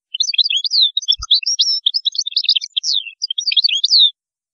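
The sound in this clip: European goldfinch song, a continuous rush of quick, bright, twittering notes mixed with short slurred whistles, ending abruptly.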